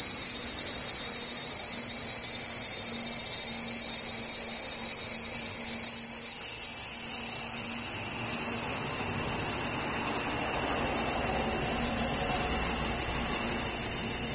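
Cicadas drone in a dense, continuous high-pitched buzz that holds steady for the whole stretch, shimmering with rapid pulsing. A faint low hum runs beneath, fading in and out, and a softer rushing swell rises slightly in the second half.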